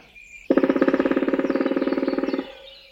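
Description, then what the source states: Black Woodpecker drumming: a fast, even machine-gun roll lasting about two seconds, starting abruptly. Machine-gun-like drumming, described as the bird's true song.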